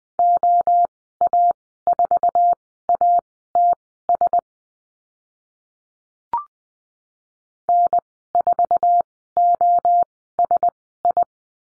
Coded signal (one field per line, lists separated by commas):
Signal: Morse code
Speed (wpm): 20 wpm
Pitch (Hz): 700 Hz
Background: none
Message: OA4ATS N4OSI